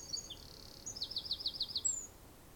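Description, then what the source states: Bird singing a high, thin phrase of slurred whistles followed by a rapid run of sharp, evenly spaced notes, then a brief high whistle, over soft background hiss. Bird singing in the afternoon.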